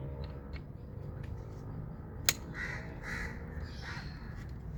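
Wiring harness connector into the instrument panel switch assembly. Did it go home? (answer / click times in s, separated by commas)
yes / 2.3 s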